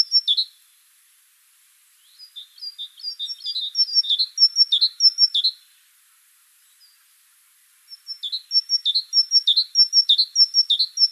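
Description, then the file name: Great tit giving bursts of high, clipped chirping notes in fast succession, separated by two quiet gaps of over a second each. "Parus major"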